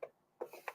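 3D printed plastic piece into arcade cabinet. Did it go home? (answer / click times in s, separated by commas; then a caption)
no / none. A 3D-printed plastic piece that was upside down is handled and flipped at an arcade cabinet before being pressed in. Three short, hollow plastic knocks sound at about 0.0, 0.4 and 0.7 seconds, separated by quiet gaps. Nothing has seated or clicked into place yet.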